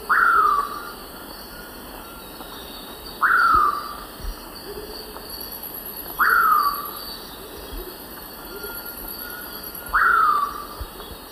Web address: Natures Songs S America Eastern Lowlands. Nyctiphrynus ocellatus, song